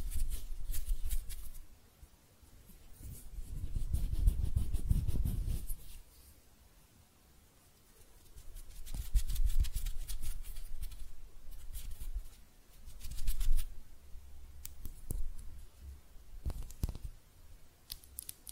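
Hand sounds made of dry rubbing and scratching come in bursts with short quiet gaps between them. A louder, lower rub swells around five seconds. Crisp clicks and brushes fill the middle and end, and sharper taps land near thirteen and seventeen seconds.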